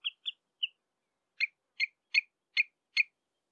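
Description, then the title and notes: Common redshank contact calls: three higher clipped notes, then five evenly spaced sharp piping calls. Contact calls between redshanks at De Wilck, Benthuizen, on 27 May 2020. "Tureluur -Tringa totanus – Redshank. De Wilck, Benthuizen"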